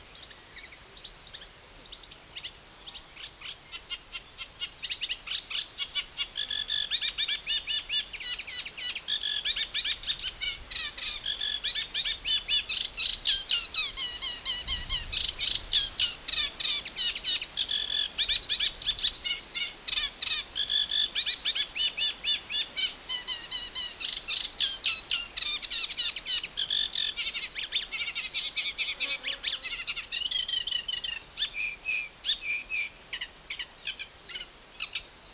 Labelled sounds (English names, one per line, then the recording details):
Eurasian Reed Warbler
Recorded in the wild
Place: Mühlenbeck, Brandenburg, DE
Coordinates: 52.667, 13.37
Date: 1992-06-27 13:39
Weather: sonnig, 22-26°C
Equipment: Marantz CP 430, Sennheiser ME 80, Kopie Tesla B 116
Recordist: Tembrock, Günter